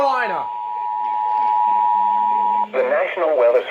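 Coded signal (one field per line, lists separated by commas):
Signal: Emergency Alert System (SAME) tones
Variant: 853 and 960 Hz attention tone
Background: speech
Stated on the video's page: Real EAS alerts.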